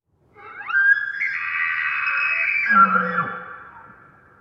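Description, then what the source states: Elk bugle: a glide rising into a long, high, strained whistle held for over a second, then breaking down into lower tones before fading out. Male elk bugling; the examples include bugle, scream and roar.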